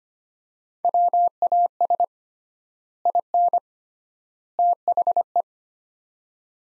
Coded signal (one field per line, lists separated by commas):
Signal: Morse code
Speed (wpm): 25 wpm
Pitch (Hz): 700 Hz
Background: none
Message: WAS IN THE